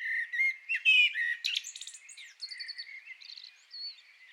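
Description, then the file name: Common blackbird song: a mellow, fluty warble opening the phrase, then a run of high, thin, chattering twitters that fade into softer notes. "Turdus merula"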